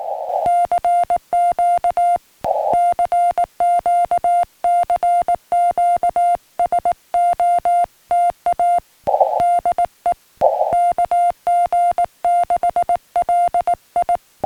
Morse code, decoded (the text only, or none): CQ CQ CQ SOTA DE KG6LI